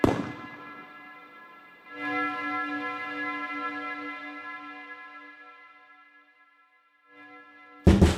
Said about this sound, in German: Und die Kirchenglocken läuteten.